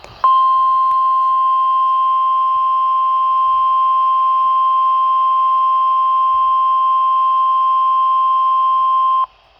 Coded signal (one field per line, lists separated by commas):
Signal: Emergency Alert System (SAME) tones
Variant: 1050 Hz attention tone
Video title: SNOW SQUALL OUTBREAK... EAS Alerts from 3/28/22 (EAS #887-890)